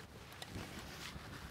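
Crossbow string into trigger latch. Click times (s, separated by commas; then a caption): 0.4 s. The string of a Suppressor 400TD crossbow is pulled up while it is being cocked with a foot in the stirrup, and it latches into the trigger mechanism with a single sharp click at 0.4 s. Steady wind-like noise runs underneath the whole clip. The string is seated in the trigger.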